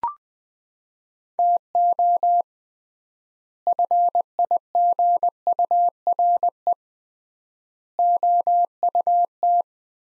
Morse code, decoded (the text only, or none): TO FIGURE OUT